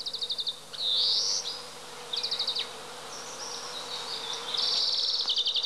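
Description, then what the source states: European greenfinch song: bright high trills alternating with a drawn-out buzzy wheeze, phrases separated by short pauses. Song; said to be easy to recognise by its characteristic call.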